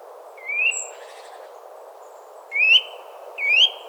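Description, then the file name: Eurasian nuthatch call: three bright, rising whistled notes, the last two close together, over a continuous low rushing noise. "Sitta europaea"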